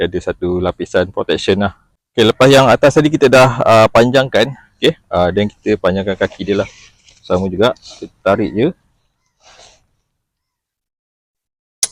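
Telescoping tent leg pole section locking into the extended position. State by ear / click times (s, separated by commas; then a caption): seated / 11.8 s. A man talks while extending the telescoping leg pole of a Naturehike Village 6 instant cabin tent frame, pulling the section out until its push-button lock engages. After a short quiet pause, a sharp click at 11.8 s marks the leg pole locking into its extended position.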